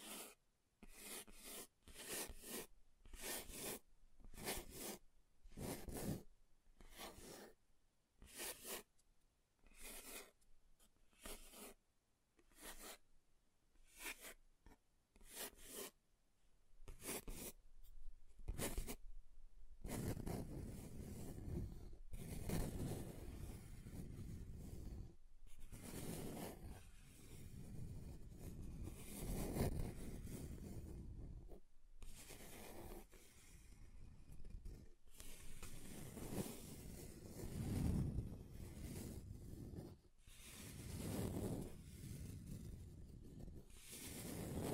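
Scratching on a table surface, starting as a run of short, separate strokes that come in quick bursts for the first twenty seconds. After that the scraping grows denser and more continuous, a rougher, grinding rasp with occasional sharper strokes standing out until the end.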